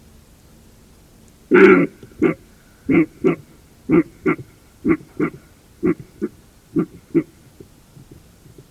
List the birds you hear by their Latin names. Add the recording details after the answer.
none. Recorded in France